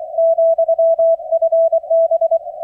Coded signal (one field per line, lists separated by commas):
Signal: Morse code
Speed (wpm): 24 wpm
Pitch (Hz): 660 Hz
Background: none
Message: ,FB